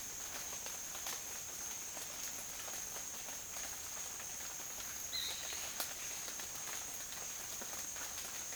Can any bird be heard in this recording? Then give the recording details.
no. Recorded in dense forest near Puerto Asís, Putumayo, Colombia, on 29 June 2025 at 14:00. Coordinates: 0.484, -76.325. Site H65